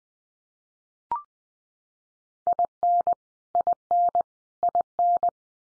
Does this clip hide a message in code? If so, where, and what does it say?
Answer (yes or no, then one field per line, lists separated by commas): yes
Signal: Morse code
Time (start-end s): 2.5-5.3 s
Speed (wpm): 20 wpm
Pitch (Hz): 700 Hz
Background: none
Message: IN IN IN